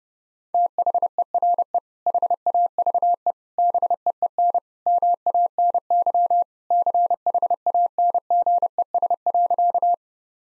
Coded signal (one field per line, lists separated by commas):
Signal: Morse code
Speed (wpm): 32 wpm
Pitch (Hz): 700 Hz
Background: none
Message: THERE HAVE BEEN MANY CHANGES.